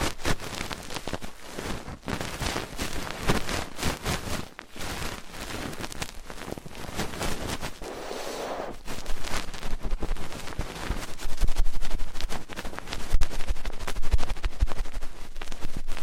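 Fast, intense ear cleaning fills the whole clip with dense scratching and rustling, rubbing quickly with no pauses. Brief dropouts break the texture near 2 and 4.5 seconds. A smoother swishing passage appears around 8 seconds, and the rubbing grows louder after 11 seconds.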